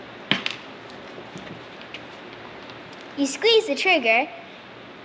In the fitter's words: you hear that snap sound